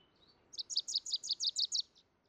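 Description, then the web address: Wilson's warbler song: one fast burst of several bright, evenly spaced chattering notes in a quiet background. "soundandlightecologyteam"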